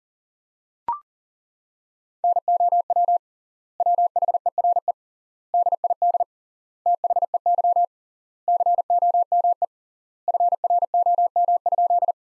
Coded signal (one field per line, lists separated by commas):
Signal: Morse code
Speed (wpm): 37 wpm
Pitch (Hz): 700 Hz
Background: none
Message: NOW WHERE DID THEY COME FROM?